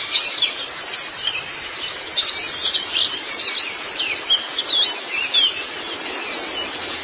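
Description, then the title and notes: White-eye: high, quick chirps and slurred whistles of white-eye, uneven in rhythm, continuing steadily through the recording. Twittering song. "Kicauan Burung Pleci Durasi Panjang. Suara kicauan burung pleci"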